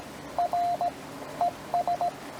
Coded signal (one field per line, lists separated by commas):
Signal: Morse code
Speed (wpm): 17 wpm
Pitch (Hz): 700 Hz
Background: radio noise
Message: R ES